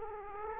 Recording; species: mosquito wingbeat signal from an infrared sensor; Culex quinquefasciatus